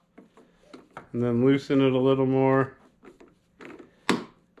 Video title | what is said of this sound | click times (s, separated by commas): 2021+ Ford Truck / Bronco door handle remove | okay so that little click hopefully you can hear that on the camera | 4.1 s